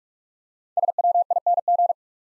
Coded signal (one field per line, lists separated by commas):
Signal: Morse code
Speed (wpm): 44 wpm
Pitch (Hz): 700 Hz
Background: none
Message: SWING